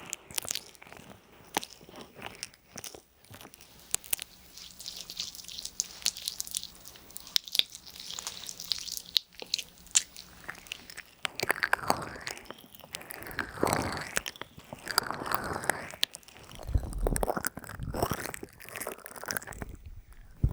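An ear massage with no talking: wet, sticky rubbing and crackly peeling sounds in dense bursts, with a low steady hum early on.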